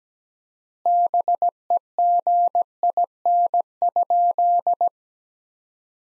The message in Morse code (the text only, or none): BEGIN?